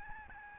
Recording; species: mosquito wingbeat signal from an infrared sensor; Aedes albopictus